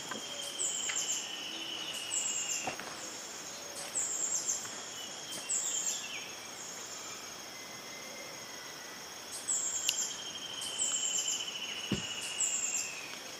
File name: Rufous throated sapphire